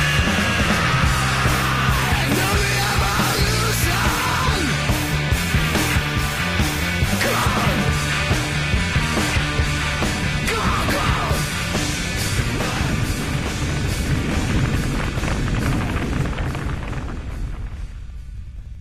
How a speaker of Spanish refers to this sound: El mañanero llega para gritar al oído del que duerme, seguido de un silencio, por si acaso no despierta.